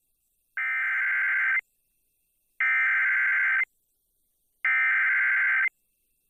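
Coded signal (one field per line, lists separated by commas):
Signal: Emergency Alert System (SAME) tones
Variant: header bursts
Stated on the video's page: Flash Flood Warning relayed on an FM station at 107.3 MHz, received via SDR; audio quality poor.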